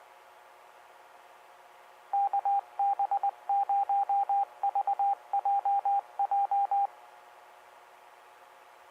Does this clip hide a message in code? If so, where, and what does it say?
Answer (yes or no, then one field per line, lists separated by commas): yes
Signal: Morse code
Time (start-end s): 2.1-6.9 s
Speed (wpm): 20 wpm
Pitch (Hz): 800 Hz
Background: radio noise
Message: KB0VJJ